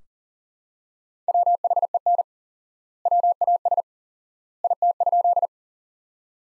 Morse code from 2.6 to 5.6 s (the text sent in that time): WAS IT?